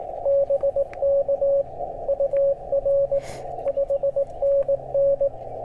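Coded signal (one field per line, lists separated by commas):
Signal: Morse code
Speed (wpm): 19 wpm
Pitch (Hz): 550 Hz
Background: radio noise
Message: BK UR 5NN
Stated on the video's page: QRP CW Parks on the Air activation at a state historic site, made on a backup radio after cabling for the new TR-35 was forgotten.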